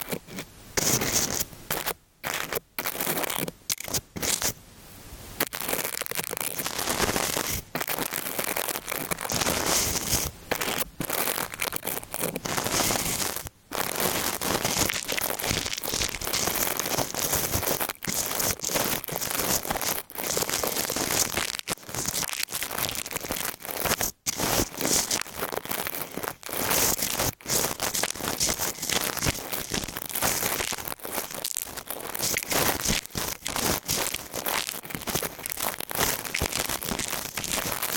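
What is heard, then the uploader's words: Ear cleaning with tissue and brushing: dense, continuous crinkling and rustling scratches fill the whole clip, bright and crackly. Several brief silent gaps break it in the first five seconds, then the rubbing runs steadily with only occasional short pauses. ブラシASMR ぞわぞわする耳かき. ティッシュでお掃除 Ear Cleaning/BRUSHING.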